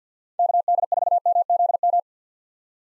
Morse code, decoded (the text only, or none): KD4MZM